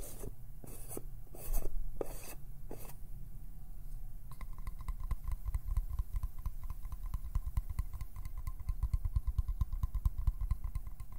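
A few separate scratchy plucks and pinches in the first three seconds, then a steady, rapid finger flutter of dense rasping clicks continues to the end.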